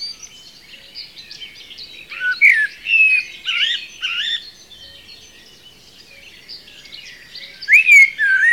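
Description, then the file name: Common blackbird giving warbling phrases with clear rising and falling notes, one long burst early and another near the end, against a dense chorus of birdsong. "Turdus merula"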